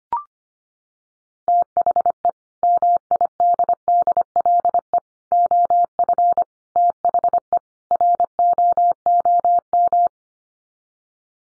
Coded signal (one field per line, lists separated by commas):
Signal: Morse code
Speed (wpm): 25 wpm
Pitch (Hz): 700 Hz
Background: none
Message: THE MIDDLE OF THE ROOM